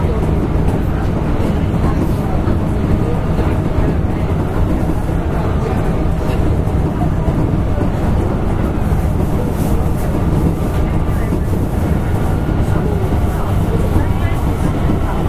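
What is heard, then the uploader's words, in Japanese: A Keihan 6000 series electric train runs along with a steady, dense low rumble and roar that holds at an even level throughout. Faint rattling and brief brighter clicks flicker through, and a voice-like murmur sits softly beneath the noise. 京阪電車 6000系 急行 枚方市から祇園四条まで。京阪電気鉄道 6000系電車の走行音です。急行列車にて録音しました。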